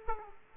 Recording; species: mosquito wingbeat signal from an infrared sensor; Aedes aegypti